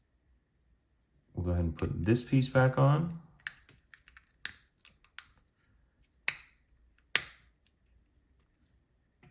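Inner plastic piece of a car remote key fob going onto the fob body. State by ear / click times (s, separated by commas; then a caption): seated / 6.3 s, 7.2 s. The plastic inner piece of a 2014–2018 Mini Cooper remote key fob is pressed back onto the fob body after its CR2032 coin battery is replaced. Someone talks, then a few small clicks are followed by two sharp snaps at 6.3 and 7.2 seconds as the piece seats into place.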